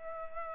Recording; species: mosquito wingbeat signal from an infrared sensor; Culex pipiens